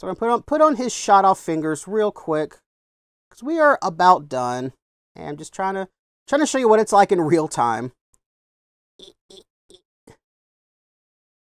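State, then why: Not seated. Someone talks while pushing a swap hand onto the plastic wrist hinge peg of a NECA Halloween 2018 Ultimate Michael Myers action figure. A few faint, soft taps and handling sounds follow after the talking stops, around 8.1 to 10.1 s. The hand has not clicked onto the wrist hinge yet.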